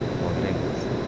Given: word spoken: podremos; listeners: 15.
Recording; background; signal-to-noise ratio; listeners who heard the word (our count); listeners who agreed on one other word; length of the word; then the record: one Spanish word in noise, from a listening test; speech-shaped noise; -4.4 dB; 2 of 15; 7 of 15; 0.67 s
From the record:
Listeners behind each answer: 7, 2, 2, 2, 1, 1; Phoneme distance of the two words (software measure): 7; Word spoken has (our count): 3 syllables, 8 phonemes, stress on syllable 2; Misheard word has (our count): 3 syllables, 7 phonemes, stress on syllable 2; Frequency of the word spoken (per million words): 14.17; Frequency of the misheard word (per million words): 143.93